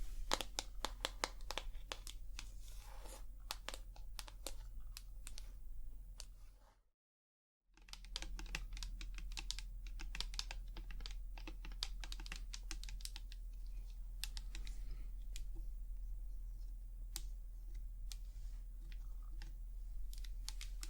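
ASMR tapping: a dense, quick run of sharp, bright taps, much like typing on a keyboard, continues for most of the clip. A steady low hum sits underneath, and everything cuts to complete silence for about a second near the seven-second mark.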